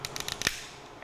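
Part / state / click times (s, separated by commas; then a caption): tendon fixation implant into fibular bone tunnel / seated / 0.5 s. During a posterolateral corner knee reconstruction, a tendon-locking fixation implant is pushed into the fibular bone tunnel down to the laser line and turned. Light ticks at 0.1, 0.2 and 0.3 s lead to a louder, sharper click at 0.5 s. The implant locks and seats.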